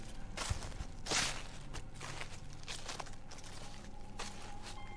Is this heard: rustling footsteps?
yes